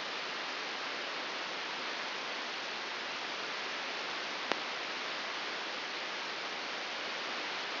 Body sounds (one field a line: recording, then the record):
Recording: brain microelectrode recording played as sound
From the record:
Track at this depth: inside the subthalamic nucleus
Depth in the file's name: 4.208 mm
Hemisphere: right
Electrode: 3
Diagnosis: Parkinson's disease